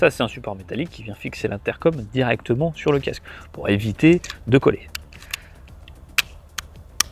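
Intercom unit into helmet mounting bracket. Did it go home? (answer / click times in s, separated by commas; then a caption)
yes / 7.0 s. A motorcycle intercom unit, an ASMAX F1, is pressed onto a metal mounting bracket fixed on the helmet shell, which holds the intercom directly on the helmet so it doesn't need to be stuck on. Someone talks through the first five seconds, then a few small taps and clicks follow as the unit is worked onto the bracket. It clicks into place at 7.0 s, well clipped and held firmly.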